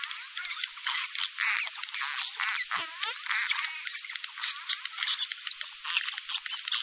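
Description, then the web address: Bottlenose dolphin making buzzy, squawking pulse bursts in short runs, interspersed with curving whistles. "KAIROS bottlenose dolfin"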